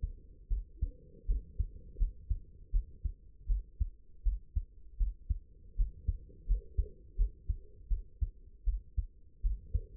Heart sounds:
heart sounds by stethoscope; 81 bpm
0.49 s: heartbeat
1.27 s: heartbeat
1.98 s: heartbeat
2.72 s: heartbeat
3.48 s: heartbeat
4.24 s: heartbeat
4.98 s: heartbeat
5.77 s: heartbeat
6.47 s: heartbeat
7.17 s: heartbeat
7.89 s: heartbeat
8.65 s: heartbeat
9.42 s: heartbeat
From the record:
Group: healthy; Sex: female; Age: 22 years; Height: 161 cm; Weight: 65.5 kg

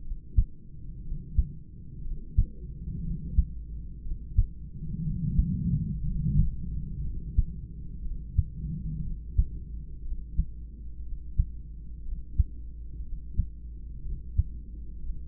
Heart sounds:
heart sounds by stethoscope; 60 bpm
0.02 s: heartbeat
1.02 s: heartbeat
2.02 s: heartbeat
3.01 s: heartbeat
4.02 s: heartbeat
5.02 s: heartbeat
6.02 s: heartbeat
7.02 s: heartbeat
8.02 s: heartbeat
9.02 s: heartbeat
10.02 s: heartbeat
11.02 s: heartbeat
12.03 s: heartbeat
13.02 s: heartbeat
14.02 s: heartbeat
14.99 s: heartbeat
From the record:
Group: heart failure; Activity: rest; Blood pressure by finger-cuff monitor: 103/62 mmHg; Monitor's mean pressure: 77 mmHg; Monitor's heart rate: 60 bpm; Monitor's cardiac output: 4 L/min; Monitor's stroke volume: 66 mL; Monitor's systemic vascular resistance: 1400 dyn s/cm5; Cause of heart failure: idiopathic cardiomyopathy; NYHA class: 2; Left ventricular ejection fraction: 17%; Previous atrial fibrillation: present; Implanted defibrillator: present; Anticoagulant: edoxaban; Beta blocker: bisoprolol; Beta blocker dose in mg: 7.5 twice daily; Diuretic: furosemide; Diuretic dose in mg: 20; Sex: male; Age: 63 years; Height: 160 cm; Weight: 69 kg

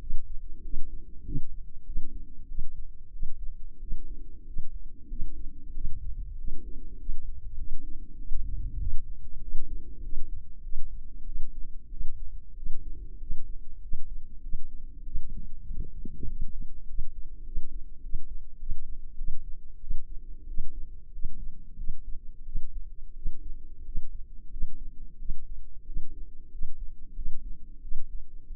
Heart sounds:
heart sounds by microphone in the left ear; 95 bpm
0.62 s: heartbeat
1.24 s: heartbeat
1.84 s: heartbeat
2.47 s: heartbeat
3.11 s: heartbeat
3.79 s: heartbeat
4.45 s: heartbeat
5.08 s: heartbeat
5.73 s: heartbeat
6.36 s: heartbeat
6.97 s: heartbeat
7.56 s: heartbeat
8.16 s: heartbeat
8.78 s: heartbeat
9.40 s: heartbeat
10.01 s: heartbeat
10.62 s: heartbeat
11.24 s: heartbeat
11.89 s: heartbeat
12.54 s: heartbeat
13.19 s: heartbeat
13.80 s: heartbeat
14.41 s: heartbeat
15.04 s: heartbeat
15.66 s: heartbeat
16.27 s: heartbeat
16.86 s: heartbeat
17.44 s: heartbeat
18.01 s: heartbeat
18.58 s: heartbeat
19.16 s: heartbeat
19.79 s: heartbeat
20.46 s: heartbeat
21.11 s: heartbeat
21.76 s: heartbeat
22.44 s: heartbeat
23.14 s: heartbeat
23.83 s: heartbeat
24.49 s: heartbeat
25.17 s: heartbeat
25.85 s: heartbeat
26.50 s: heartbeat
27.14 s: heartbeat
27.80 s: heartbeat
28.47 s: heartbeat
From the record:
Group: healthy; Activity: rest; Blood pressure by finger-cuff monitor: 130/67 mmHg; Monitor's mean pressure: 89 mmHg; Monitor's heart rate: 95 bpm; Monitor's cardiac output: 8.6 L/min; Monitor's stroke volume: 90 mL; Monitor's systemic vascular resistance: 740 dyn s/cm5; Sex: female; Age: 24 years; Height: 163 cm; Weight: 55.7 kg

